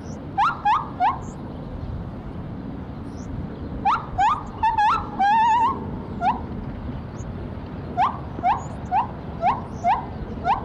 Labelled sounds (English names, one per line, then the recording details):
Lar Gibbon
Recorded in captivity
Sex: male
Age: adult
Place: Tierpark Berlin, Berlin, DE
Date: 1975-04-08
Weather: bedeckt, z.T. Nieselregen, 8 °C
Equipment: Uher 4200 Report Stereo, DM 622
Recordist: Tembrock, Günter